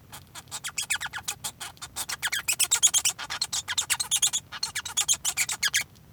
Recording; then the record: song of a male Bengalese finch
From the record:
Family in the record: son of father 1